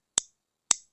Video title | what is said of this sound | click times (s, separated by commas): Lesson 1A: Supplies- Overview | hear that clicking, it's locking. | 0.2 s, 0.7 s